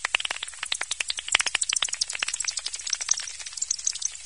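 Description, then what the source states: Bat echolocation made audible as a rapid train of sharp, dry ticks, some louder than others. Recorded with a bat detector.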